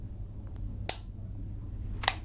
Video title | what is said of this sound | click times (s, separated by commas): Asthma patients avoid trips to hospital - ITV News | push it into the clicks we go and we wait a few seconds until it clicks again take | 0.9 s, 2.1 s